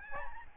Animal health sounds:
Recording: mosquito wingbeat signal from an infrared sensor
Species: Aedes albopictus

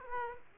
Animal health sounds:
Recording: mosquito wingbeat signal from an infrared sensor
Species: Aedes aegypti

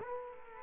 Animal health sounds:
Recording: mosquito wingbeat signal from an infrared sensor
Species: Culex quinquefasciatus

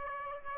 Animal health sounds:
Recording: mosquito wingbeat signal from an infrared sensor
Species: Aedes aegypti

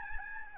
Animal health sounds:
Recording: mosquito wingbeat signal from an infrared sensor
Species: Aedes albopictus

